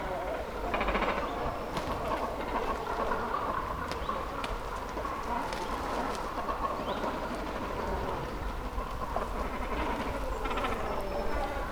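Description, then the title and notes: Great cormorant colony din: many overlapping hoarse, guttural croaks forming an unbroken mid-pitched roar. Breeding colony in Zemitz, Germany; cormorants sitting on their nests and flapping up and down; recorded with a TASCAM DR-100. "Zemitz, Deutschland - Kormorane brüten. breeding cormorants. Die Kormorane sitzen auf Ihren Nestern und flattern auf und ab"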